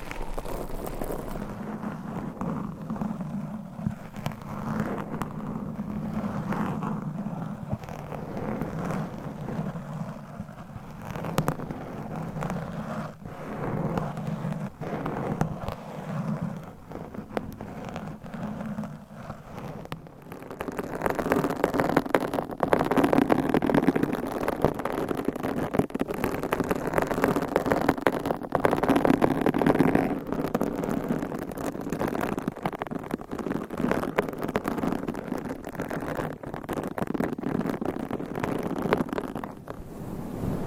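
Microphone scratching fills the clip with a rough rubbing. For the first twenty seconds it is softer and lower, pulsing in uneven strokes; around the twenty-second mark it shifts to a louder, brighter, denser scraping that continues steadily to the end.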